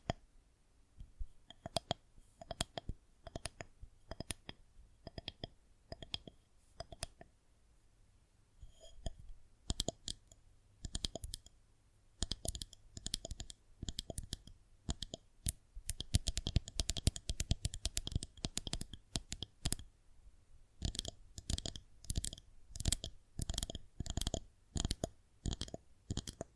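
An assortment of tingly sounds made of crisp clicks and taps, sparse at first, then coming in denser, faster bursts after about ten seconds.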